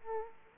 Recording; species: mosquito wingbeat signal from an infrared sensor; Aedes aegypti